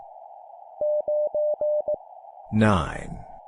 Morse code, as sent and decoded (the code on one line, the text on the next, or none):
----. .
9E